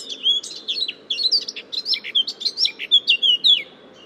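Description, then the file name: Eurasian blackcap song of quick scratchy notes mixed with clear whistles, repeated rapidly for about four seconds, with a low steady hum underneath. "Sylvia atricapilla"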